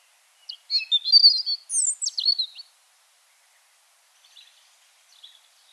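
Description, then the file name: European robin singing a rich, high warbled phrase of rapid twittering and sharp downslurred whistles, followed by silence and a few very faint high notes. "Erithacus rubecula"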